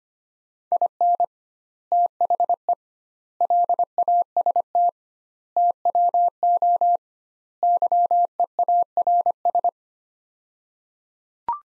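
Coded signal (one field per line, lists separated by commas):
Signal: Morse code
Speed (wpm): 25 wpm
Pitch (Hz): 700 Hz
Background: none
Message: IN THE LAST TWO YEARS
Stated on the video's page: Morse practice of five-word sets at 25wpm with 2x word spacing, a Farnsworth-like method applied to words.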